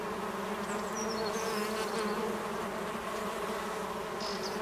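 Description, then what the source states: Honey bees droning together in a low, even buzz, with a few faint high notes early on and near the end. Honey bees inside the hive, 18 March 2007.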